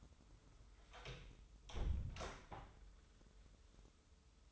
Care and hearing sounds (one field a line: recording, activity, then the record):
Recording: daily activity, microphone in the room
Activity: close door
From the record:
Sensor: 3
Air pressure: 996.1 hPa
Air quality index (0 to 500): 34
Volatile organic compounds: 1 ppm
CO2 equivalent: 616 ppm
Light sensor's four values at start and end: 14/34/14/14 and 14/33/14/14